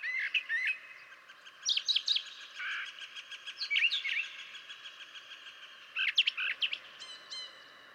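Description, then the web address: Brown Thrasher delivering varied phrases, slurred chirps and harsher notes in quick succession with brief gaps, against a faint continuous ticking. "birdsongforthecurious Brown Thrasher"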